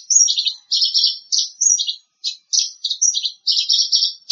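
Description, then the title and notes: Bird song of rapid chirping phrases, high twittering notes in short bursts with brief pauses between. "Kicau Burung Lengkap"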